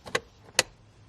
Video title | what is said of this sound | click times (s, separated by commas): I'm Ashamed...My Cabin filter is Filthy! Easy replacement - You can do your's too! DIY tutorial | and now we're simply going to put our cover back on you'll be able to hear it click back into place | 0.2 s, 0.6 s